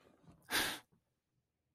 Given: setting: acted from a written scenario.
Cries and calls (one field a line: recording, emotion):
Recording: vocal sound without words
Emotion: anger